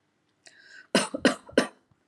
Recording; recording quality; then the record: shallow voluntary cough; excellent, no background noise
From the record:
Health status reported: healthy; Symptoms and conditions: asthma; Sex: female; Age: 40 years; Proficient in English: yes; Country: India